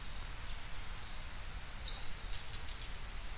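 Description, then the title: Bird chirps: one high note, then a quick run of four bright chirped notes near the end, over a constant high buzzing hum and soft background hiss. "LuckyPassaro Completos2Sama"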